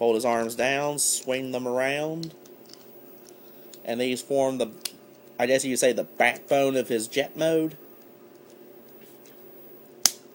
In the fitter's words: You'll hear it and feel it snap into place.